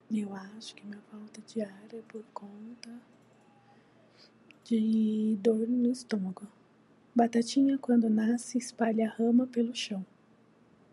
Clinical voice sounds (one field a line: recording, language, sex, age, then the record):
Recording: short text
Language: Brazilian Portuguese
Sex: female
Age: 40 to 49 years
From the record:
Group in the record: control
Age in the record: 44 years